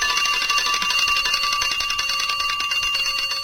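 A mechanical alarm clock rings continuously, a rapid metallic bell rattle with bright high-pitched overtones, steady and fairly loud throughout with no voices.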